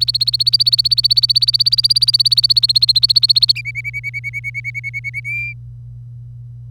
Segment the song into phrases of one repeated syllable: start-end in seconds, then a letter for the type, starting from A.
0.00-3.52 A, 3.55-5.20 B, 5.25-5.53 C